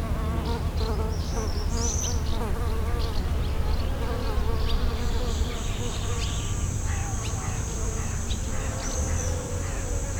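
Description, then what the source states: Bees buzzing continuously with a low, wavering drone. Montignac, Rue du Calvaire.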